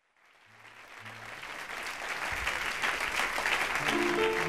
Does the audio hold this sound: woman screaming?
no